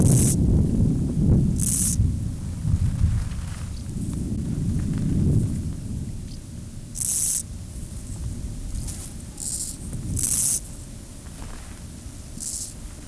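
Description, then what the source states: Meadow grasshopper giving brief, very high, hissing chirps at irregular intervals, partly masked by heavy low rumbling noise. Subspecies tenuis.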